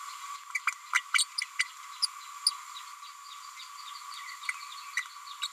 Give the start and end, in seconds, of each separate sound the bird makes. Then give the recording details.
0.54-0.59, 0.94-1.01, 1.18-1.26, 1.59-1.64, 2.02-2.06, 4.49-4.53, 4.96-5.02, 5.41-5.47. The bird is a female. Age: 30 days. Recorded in a nest box in Venezuela. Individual 17B102A6